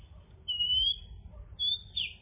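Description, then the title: Bird giving two thin, high whistled notes, the first slightly rising, over a low background hum. "kikicau"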